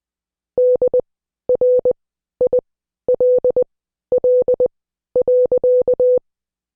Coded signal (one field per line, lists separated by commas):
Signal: Morse code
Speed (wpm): 20 wpm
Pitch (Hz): 500 Hz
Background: none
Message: DRILL.